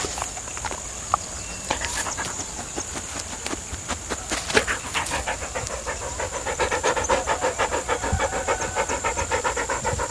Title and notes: Luna en el cerro con fondo de campañas electorales a lo lejos. Luna (perra). San Cristóbal de Las Casas, Chiapas, mayo 2021